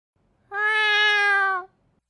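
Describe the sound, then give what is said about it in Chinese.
A single drawn-out cat meow lasting about a second, held at a steady, fairly high pitch with a bright, tonal quality, heard alone with no talking or other sounds around it. “喵了个喵。 咪。”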